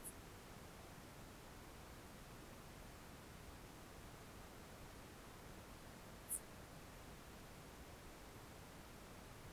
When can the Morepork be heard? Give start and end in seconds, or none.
none